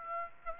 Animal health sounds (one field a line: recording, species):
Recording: mosquito wingbeat signal from an infrared sensor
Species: Aedes aegypti